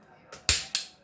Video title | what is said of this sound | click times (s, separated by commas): OGGI 3 Bottle Shot Dispenser, Cleaning And Use | just slide it on, and it's going to snap. Hear the snap? | 0.5 s